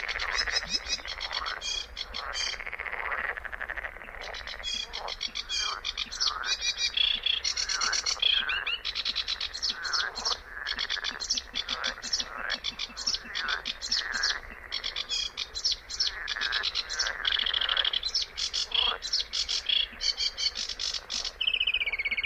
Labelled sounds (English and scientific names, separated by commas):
Sedge Warbler (Acrocephalus schoenobaenus) song